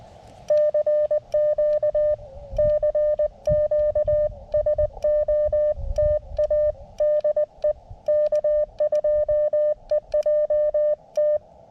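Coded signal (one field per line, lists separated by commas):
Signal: Morse code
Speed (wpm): 20 wpm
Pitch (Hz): 600 Hz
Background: none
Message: CQ CQ SOTA DE K2EJT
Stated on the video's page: CW summit activation on 40m, starting slowly and picking up toward the end.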